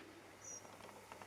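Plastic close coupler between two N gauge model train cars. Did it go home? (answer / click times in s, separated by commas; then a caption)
no / none. Hands handle the plastic close coupler between two N gauge model train cars of a Hornby Arnold HN2042 Swiss ETR610 set, giving it a second, firmer push. A quiet, steady background hiss is heard with soft handling noise, and two brief faint taps come near the end at about 1.1 and 1.2 seconds. The coupler has not yet seated or clicked home when the clip ends.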